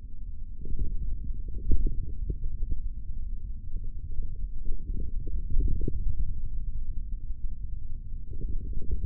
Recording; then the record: forearm muscle sounds (acoustic myography)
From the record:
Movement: hand closing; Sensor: system 3, bracelet of six PUI Audio POM-2738L microphones around the upper forearm, with dedicated amplification and filtering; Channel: 2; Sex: male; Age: 23 years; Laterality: right